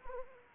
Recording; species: mosquito wingbeat signal from an infrared sensor; Anopheles arabiensis